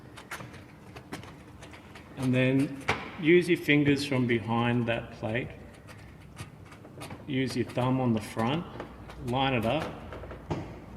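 A side marker lamp for an 86/BRZ is held against the car's fender opening, with fingers behind the plate and a thumb on the front to line it up before clipping it in. Someone talks while light handling clicks and taps are heard. Nothing has seated or clicked yet.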